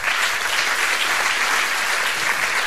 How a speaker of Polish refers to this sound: Zapraszamy. Wielkie brawa.